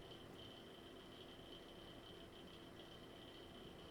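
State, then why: Not seated. An SFP fiber transceiver module is handled and lined up at a network switch port with its latch opened, before being pushed home. Only a steady broadband hiss is heard, with a constant high whine near 3 kHz and a faint lower hum. Nothing has seated or clicked yet.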